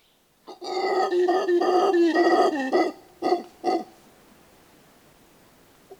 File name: Mantled Howler Monkey (Alouatta palliata)